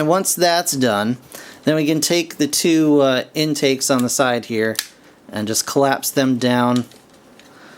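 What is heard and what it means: Someone talks while handling the two plastic side intakes of a DreamStar Toys Slingshoot transforming jet toy (Transformers Masterpiece Superion Slingshot), about to collapse them down into the toy body. Speech fills most of the clip, followed by quiet handling and a faint tick at about 7.4 s. Nothing has seated or clicked into place yet.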